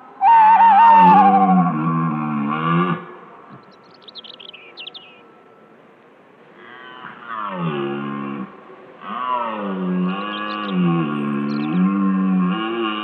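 Red deer giving several drawn-out, deep, throaty roars. A quiet gap in the middle holds faint chirps, then the roaring resumes in two long bouts.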